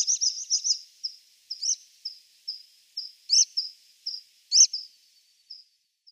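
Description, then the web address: Water pipit calls: a series of thin, very high chirps, quick at first and then more spaced, with a few louder, sharper notes standing out among them. "Schulze Peter Water Pipit calls"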